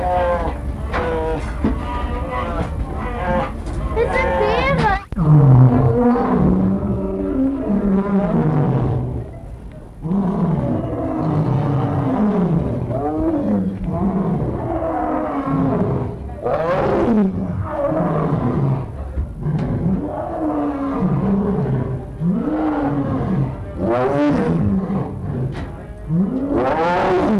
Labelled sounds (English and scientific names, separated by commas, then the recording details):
Brown Bear (Ursus arctos) call
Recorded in captivity
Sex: diverse
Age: juvenile
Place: Tierschau Zirkus Busch, Berlin, DE
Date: 1961-07-22 16:00
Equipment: Minifon, Kopie Smaragd
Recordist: Tembrock, Günter